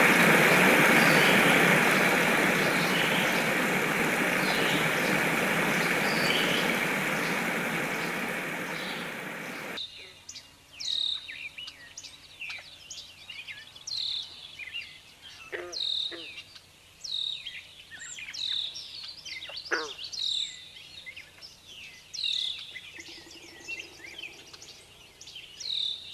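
A trickling stream fills the first ten seconds with a dense, steady rush of water, loud. It then cuts abruptly to a quieter scene where birds chirp and call in quick, bright bursts every second or two over a faint low hum.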